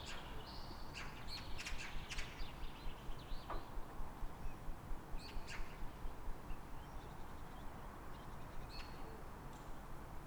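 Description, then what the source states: Birds chirping with short, sharp high notes, in scattered bursts through the first half, then sparser, over a steady low rumble of road traffic. Calm morning, 3 May, Fresnes, Île-de-France, France; background noise from the ring road.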